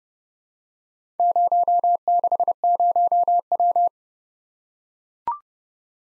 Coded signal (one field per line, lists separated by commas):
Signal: Morse code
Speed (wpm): 30 wpm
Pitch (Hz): 700 Hz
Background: none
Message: 060W